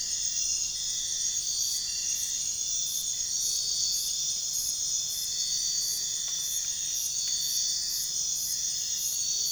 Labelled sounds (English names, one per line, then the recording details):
none
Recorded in pastures near Puerto Asís, Putumayo, Colombia, on 23 June 2025 at 05:00
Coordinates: 0.466, -76.322
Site GP07